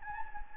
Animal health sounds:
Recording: mosquito wingbeat signal from an infrared sensor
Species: Anopheles gambiae

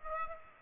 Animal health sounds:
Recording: mosquito wingbeat signal from an infrared sensor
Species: Aedes aegypti

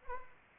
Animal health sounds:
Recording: mosquito wingbeat signal from an infrared sensor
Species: Anopheles arabiensis

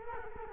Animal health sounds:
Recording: mosquito wingbeat signal from an infrared sensor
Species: Culex quinquefasciatus

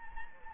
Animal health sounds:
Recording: mosquito wingbeat signal from an infrared sensor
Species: Anopheles gambiae

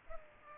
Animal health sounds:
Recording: mosquito wingbeat signal from an infrared sensor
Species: Culex pipiens

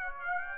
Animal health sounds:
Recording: mosquito wingbeat signal from an infrared sensor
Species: Aedes aegypti

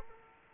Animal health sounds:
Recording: mosquito wingbeat signal from an infrared sensor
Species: Aedes aegypti

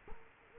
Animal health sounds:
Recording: mosquito wingbeat signal from an infrared sensor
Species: Culex quinquefasciatus

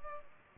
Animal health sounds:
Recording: mosquito wingbeat signal from an infrared sensor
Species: Culex pipiens

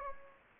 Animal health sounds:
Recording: mosquito wingbeat signal from an infrared sensor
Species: Anopheles gambiae

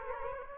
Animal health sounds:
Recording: mosquito wingbeat signal from an infrared sensor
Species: Aedes aegypti

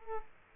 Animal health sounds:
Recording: mosquito wingbeat signal from an infrared sensor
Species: Aedes aegypti

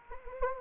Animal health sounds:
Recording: mosquito wingbeat signal from an infrared sensor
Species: Anopheles gambiae

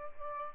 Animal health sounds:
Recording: mosquito wingbeat signal from an infrared sensor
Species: Aedes albopictus

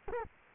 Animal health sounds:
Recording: mosquito wingbeat signal from an infrared sensor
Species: Culex quinquefasciatus

